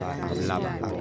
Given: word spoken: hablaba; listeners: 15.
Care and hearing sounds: one Spanish word in noise, from a listening test; eight-talker babble; -1.9 dB; 2 of 15; 6 of 15; 0.61 s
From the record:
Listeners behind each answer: 6, 2, 1, 1, 1, 1, 1, 1, 1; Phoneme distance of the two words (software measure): 17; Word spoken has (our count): 3 syllables, 6 phonemes, stress on syllable 2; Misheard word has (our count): 2 syllables, 5 phonemes, stress on syllable 2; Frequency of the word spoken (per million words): 48.21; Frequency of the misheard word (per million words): 197.47

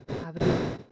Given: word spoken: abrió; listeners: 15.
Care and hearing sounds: one Spanish word in noise, from a listening test; noise modulated by one talker; -7.2 dB; 0 of 15; 9 of 15; 0.52 s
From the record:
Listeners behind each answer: 9, 3, 2, 1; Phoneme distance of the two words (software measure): 24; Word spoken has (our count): 2 syllables, 5 phonemes, stress on syllable 2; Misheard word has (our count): 2 syllables, 5 phonemes, stress on syllable 2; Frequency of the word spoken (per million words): 52.57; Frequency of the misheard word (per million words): 57.52

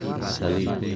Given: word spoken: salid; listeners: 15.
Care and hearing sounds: one Spanish word in noise, from a listening test; eight-talker babble; 0.0 dB; 0 of 15; 8 of 15; 0.56 s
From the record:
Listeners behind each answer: 8, 1, 1, 1, 1, 1, 1, 1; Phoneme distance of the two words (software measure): 10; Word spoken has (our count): 2 syllables, 5 phonemes, stress on syllable 2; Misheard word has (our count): 2 syllables, 5 phonemes, stress on syllable 2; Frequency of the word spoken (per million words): 0.27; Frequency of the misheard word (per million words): 147.13

